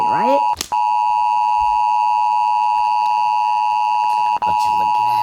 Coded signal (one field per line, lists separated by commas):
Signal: Emergency Alert System (SAME) tones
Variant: 853 and 960 Hz attention tone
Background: speech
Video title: Rating eas alarms pt. 2